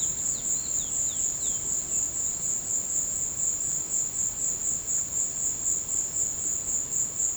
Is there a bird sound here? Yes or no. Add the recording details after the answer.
yes. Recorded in secondary vegetation near Puerto Asís, Putumayo, Colombia, on 24 March 2025 at 15:00. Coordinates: 0.488, -76.319. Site G095